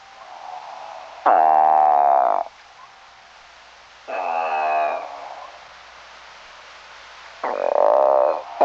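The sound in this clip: Eastern Spadefoot giving three harsh, nasal, moaning calls of about a second each, with pauses between, over faint background hiss.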